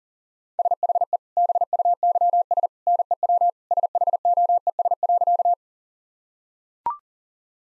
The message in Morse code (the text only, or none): SHE BUYS NEW SHOES.